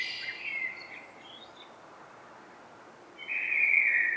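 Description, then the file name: Common blackbird song: a fluty phrase ending in thin twitters, a long pause, then another warbled phrase beginning, with faint hiss underneath. "Turdus merula"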